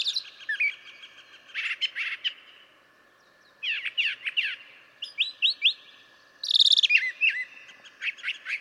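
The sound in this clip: Brown Thrasher song: varied phrases of rich, slurred and buzzy notes in clusters, each briefly repeated, separated by short pauses.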